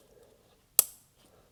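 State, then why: Seated. A white secondary locking clip (connector position-assurance clip) on a plastic harness connector is pushed in after the connector has already seated, while installing a JB4 piggyback ECU tuner on an MKV Toyota GR Supra. It gives a single loud, sharp click at 0.8 s, bright and high-pitched with a short ringing tail, against a quiet background. The clip is confirmed clicked home and locked.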